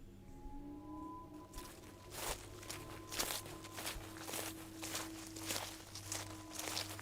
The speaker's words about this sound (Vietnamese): Sư Chí Thiện tọa thiền trên một tảng đá, lưng quay về phía bìa rừng. Bỗng đâu từ đằng sau có tiếng sột xà sột soạt vang lên mỗi lúc một gần.